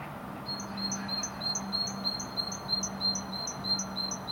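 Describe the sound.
Great tit repeating crisp paired notes, a higher tone followed by a lower one, about three times a second, with a low droning hum behind.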